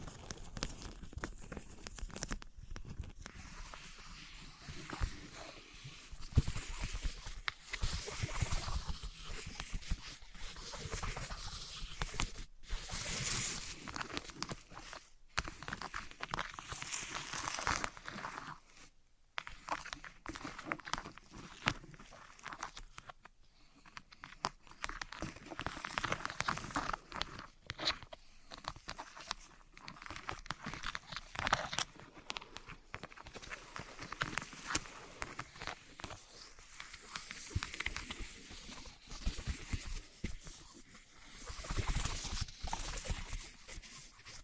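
Wood, cork, sponge, foam, glass and plastic are handled and rubbed against each other, making dense, crackly scraping and rustling that runs almost without a break. The bursts come irregularly and vary in loudness, with short gaps near 3, 12, 15 and 19 seconds.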